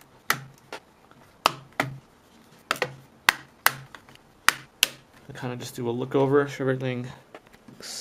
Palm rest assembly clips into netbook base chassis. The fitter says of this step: let them snap into place